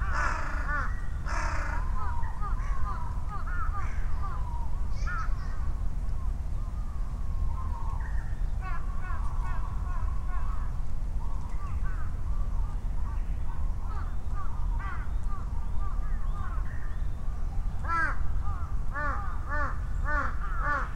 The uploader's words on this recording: Recorded on a Sony PCM-M10 with small omnidirectional mics attached to a bicycle handlebar bag. Noisy crows calling and responding, quiet bush warblers and other birds, children playing and other human sounds heard over the rumble of vehicles and aircraft on a Sunday at noon in Ichimiyake, Yasu City, Shiga Prefecture, Japan. Crows in Ichimiyake.